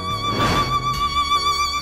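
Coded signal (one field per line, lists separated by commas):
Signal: none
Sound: violin music notes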